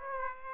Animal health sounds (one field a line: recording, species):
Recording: mosquito wingbeat signal from an infrared sensor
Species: Aedes aegypti